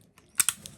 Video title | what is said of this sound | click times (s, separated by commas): Replacing Your Gas Furnace Is Easier Than You'd Think. | and it will lock into place, and that's literally all you have to do. | 0.4 s, 0.5 s